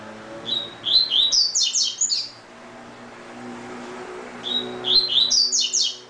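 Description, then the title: Double-collared seedeater delivering two lively phrases of whistled notes and fast descending chirps, with a low hum in the background. "Canto Coleiro"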